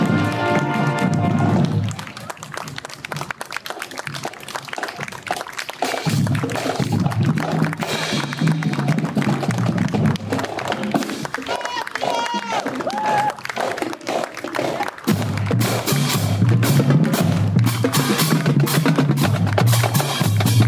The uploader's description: the soundscape of the Memorial Day parade on College Ave in Downtown Appleton